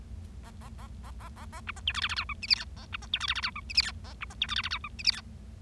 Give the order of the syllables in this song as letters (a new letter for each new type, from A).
A A A A A A A B C D E F F G H I J K A B C D E F F G H I J K A B C D E F F G H I J K